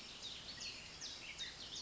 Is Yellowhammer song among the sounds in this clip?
no